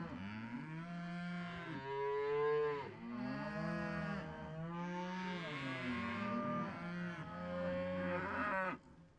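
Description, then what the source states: Cow breathing with continuous low harmonic groans, rising and falling over several breaths before ending abruptly. Cows breathing on the microphone.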